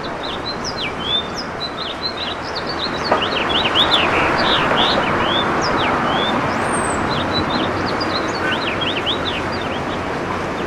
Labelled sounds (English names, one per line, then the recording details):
House Finch song
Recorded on Long Island, New York, on 21 June 2011
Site IT
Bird B